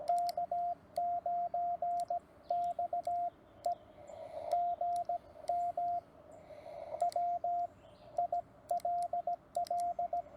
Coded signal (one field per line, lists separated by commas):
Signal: Morse code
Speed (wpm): 18 wpm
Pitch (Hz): 700 Hz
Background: radio noise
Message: K9XE GM WILL